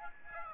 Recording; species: mosquito wingbeat signal from an infrared sensor; Aedes aegypti